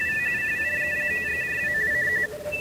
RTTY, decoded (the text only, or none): TU N0GJW CQ